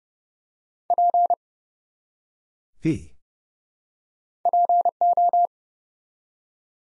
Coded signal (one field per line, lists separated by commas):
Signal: Morse code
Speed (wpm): 31 wpm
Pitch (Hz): 700 Hz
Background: none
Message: P PO